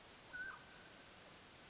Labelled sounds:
Mountain Quail
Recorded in Sonoma County, California

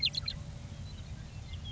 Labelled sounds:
Grasshopper Sparrow
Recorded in Sonoma County, California

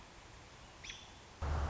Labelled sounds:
American Robin
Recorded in Sonoma County, California

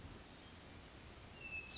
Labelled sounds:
Hermit Thrush
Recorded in Sonoma County, California

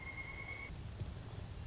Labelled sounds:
Pileated Woodpecker
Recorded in Sonoma County, California

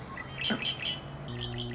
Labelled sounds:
Red-winged Blackbird
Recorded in Sonoma County, California

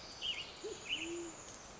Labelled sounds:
Band-tailed Pigeon
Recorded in Sonoma County, California

